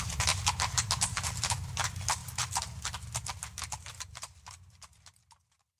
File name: cavalli